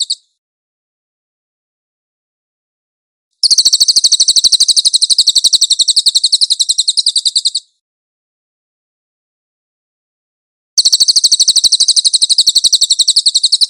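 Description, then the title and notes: Cililin song: a rapid, buzzy, high trill of even notes, a burst of about four seconds, then silence, then another burst that runs to the end. "MASTER SANGAT BAGUS SUARA BURUNG CILILIN, AUDIO JERNIH. CICILIN"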